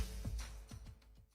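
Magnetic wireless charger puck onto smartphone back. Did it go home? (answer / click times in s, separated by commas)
no / none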